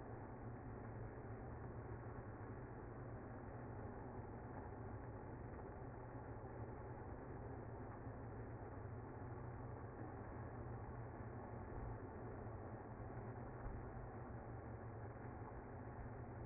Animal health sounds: honeybee colony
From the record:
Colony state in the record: active

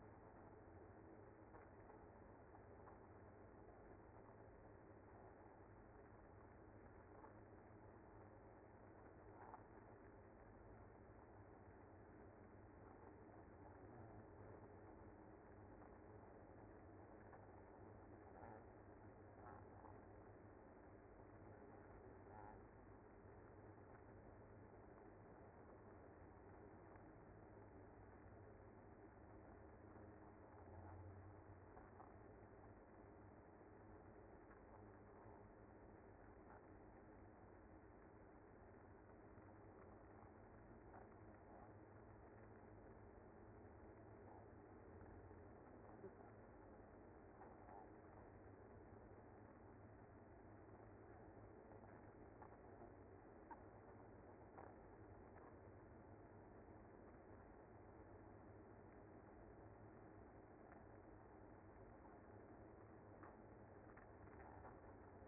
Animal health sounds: honeybee colony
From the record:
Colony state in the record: active

